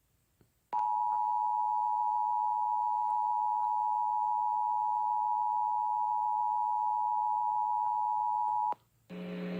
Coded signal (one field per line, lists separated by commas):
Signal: Emergency Alert System (SAME) tones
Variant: 853 and 960 Hz attention tone